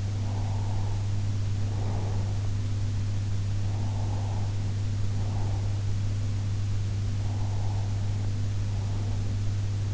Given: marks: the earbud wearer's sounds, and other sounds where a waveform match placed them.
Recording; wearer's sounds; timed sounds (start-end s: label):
sounds in sleep by an in-ear microphone; breath
0.00-2.65 s: breath
3.51-6.08 s: breath
7.00-9.60 s: breath